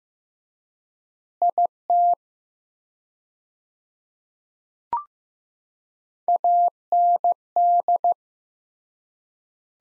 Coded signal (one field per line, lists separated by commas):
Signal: Morse code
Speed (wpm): 16 wpm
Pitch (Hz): 700 Hz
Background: none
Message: IT AND